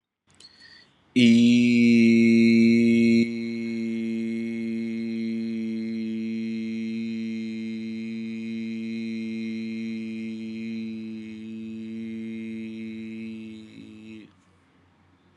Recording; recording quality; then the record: sustained vowel as in beet; excellent, no background noise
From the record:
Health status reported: COVID-19 positive, moderate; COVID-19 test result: positive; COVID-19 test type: RT-PCR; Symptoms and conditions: cough, sore throat, hypertension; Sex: male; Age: 52 years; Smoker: no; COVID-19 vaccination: both doses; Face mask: not worn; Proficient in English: yes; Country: India